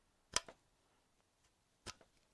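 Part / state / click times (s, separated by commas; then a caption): USB cable plug into astronomy camera USB port / seated / 0.4 s. A USB cable is plugged into the USB port of a used QHY Minicam 8 astronomy camera, seating with a sharp click at 0.4 s followed by a softer tick at 0.5 s. A second pair of quieter clicks comes at about 1.9 and 2.0 s. The connector seats firmly and sounds good.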